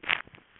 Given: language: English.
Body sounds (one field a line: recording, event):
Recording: throat vibration sensor signal played as sound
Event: swallow